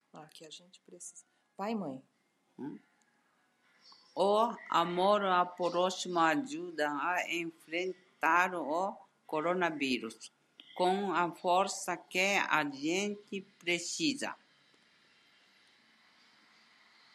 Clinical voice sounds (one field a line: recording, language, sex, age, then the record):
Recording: spoken sentence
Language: Brazilian Portuguese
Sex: female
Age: 70 to 79 years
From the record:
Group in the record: control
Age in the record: 77 years